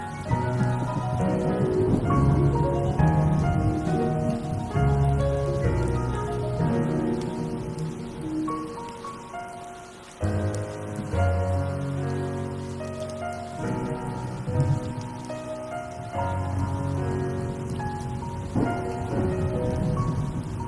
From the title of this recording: original sound tracks with rain